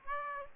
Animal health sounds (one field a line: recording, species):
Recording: mosquito wingbeat signal from an infrared sensor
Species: Aedes aegypti